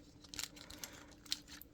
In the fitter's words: hold on anyway you just close it up like so and boom you snap into place